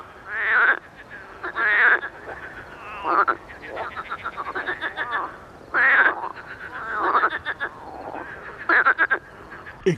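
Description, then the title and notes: Marsh frogs giving loud, nasal laughing croaks at irregular intervals, with quieter pulsed chatter from other frogs between them. Evening recording at small Étang de Beaumont pond, 11 May 2019, rain all day, cool 14°C, frogs very active despite rain; Nagra Seven recorder, MKH40 microphone on a boom. "Soirée aux Grenouilles rieuses. 11 mai 2019-Étang de Beaumont - pluie - 14° - Nagra seven - mkh40 sur perche"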